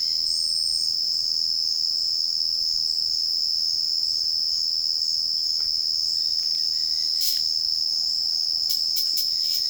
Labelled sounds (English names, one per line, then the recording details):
none
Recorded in secondary vegetation near Puerto Asís, Putumayo, Colombia, on 12 March 2025 at 11:00
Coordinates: 0.488, -76.319
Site G095